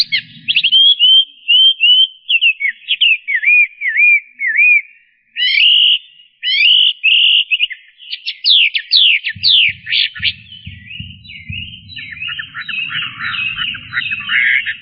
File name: audio-kicauan-burung-hwamei -omkicau